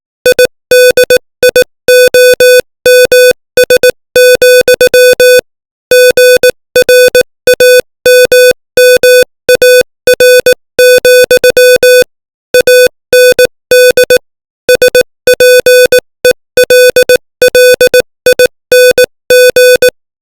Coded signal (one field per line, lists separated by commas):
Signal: Morse code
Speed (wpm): 18 wpm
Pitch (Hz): 500 Hz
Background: music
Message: IDIOMS, GRAMMAR, AND SPELLING